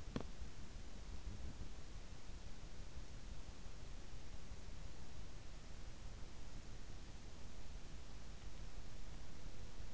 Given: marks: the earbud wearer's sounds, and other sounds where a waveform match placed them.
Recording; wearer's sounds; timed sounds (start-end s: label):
sounds in sleep by an in-ear microphone; teeth grinding
0.00-0.48 s: teeth grinding